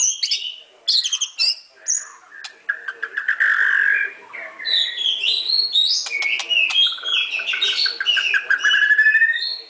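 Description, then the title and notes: White-rumped shama song: high whistles and clicks opening into longer warbled phrases, loud and varied. Training song (masteran). "Murai Batu Album 01. Masteran Murai Batu"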